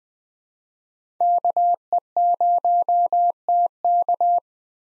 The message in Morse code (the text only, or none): KE0TK